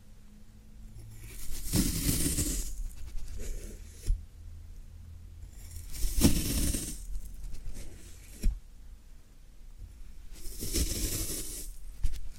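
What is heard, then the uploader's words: Floral foam being handled: three crumbly, hissing bursts of scraping and squeaking near 2, 6 and 11 seconds. Sharp little cracks and taps fall between them around 4 and 8.5 seconds. A faint low hum fills the quiet gaps. ASMR Satisfying Tingle Stimulating Floral Foam Sounds for Sleep (No Talking).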